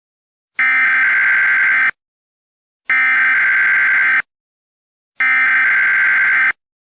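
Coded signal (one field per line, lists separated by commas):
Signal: Emergency Alert System (SAME) tones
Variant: header bursts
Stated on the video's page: Fictional EAS scenario, not a real alert.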